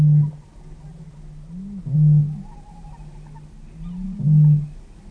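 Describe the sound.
Eurasian bittern giving three low, resonant booms, roughly two seconds apart.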